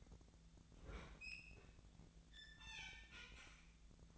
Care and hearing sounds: daily activity, microphone in the room; open fridge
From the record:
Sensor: 3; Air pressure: 1009.6 hPa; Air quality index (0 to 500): 194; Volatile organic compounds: 16 ppm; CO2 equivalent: 2524 ppm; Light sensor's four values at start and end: 37/92/39/42 and 37/92/39/42

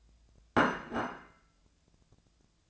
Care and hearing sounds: daily activity, microphone in the room; place plate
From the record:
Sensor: 2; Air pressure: 1000.0 hPa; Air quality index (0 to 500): 133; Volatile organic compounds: 2 ppm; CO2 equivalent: 1131 ppm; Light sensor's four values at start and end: 24/60/25/28 and 24/60/25/28

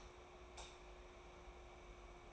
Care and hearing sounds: daily activity, microphone in the room; light off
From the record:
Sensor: 1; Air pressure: 991.0 hPa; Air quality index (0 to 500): 108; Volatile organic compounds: 92 ppm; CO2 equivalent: 3697 ppm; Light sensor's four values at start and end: 25/63/26/28 and 22/51/22/24

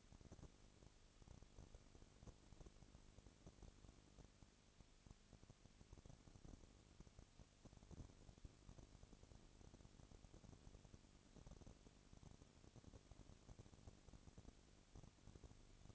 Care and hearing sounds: daily activity, microphone in the room; no activity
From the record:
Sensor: 4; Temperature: 22.3 degrees Celsius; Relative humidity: 32.7%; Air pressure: 1001.9 hPa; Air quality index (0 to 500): 186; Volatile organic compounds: 4 ppm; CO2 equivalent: 1640 ppm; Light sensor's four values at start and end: 2/3/1/1 and 2/3/1/1

